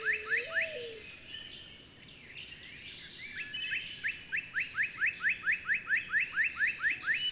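Bird song with rapid rising chirps in fast runs, varied higher twittering above, and a brief low wavering tone early on.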